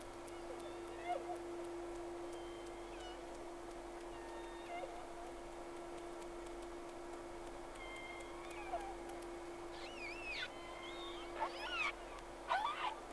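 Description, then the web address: Whale calls: several whistled, sweeping tones rise and fall near the end, with a steady low hum and faint crackling beneath throughout. Two whales, recorded 3 October 2006, round 1. "Sea Snake 10-3-06 Whales X 2"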